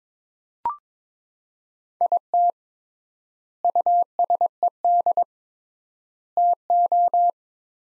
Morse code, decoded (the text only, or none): IT USED TO